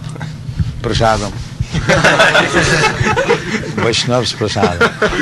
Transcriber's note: laughter